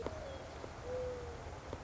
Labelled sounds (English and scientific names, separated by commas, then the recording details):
Mourning Dove (Zenaida macroura)
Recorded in Sonoma County, California